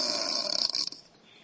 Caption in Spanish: Pues no, pues es ronquido. Tiene bisagras nasales este hombre. Si parece la puerta del castillo de la mota.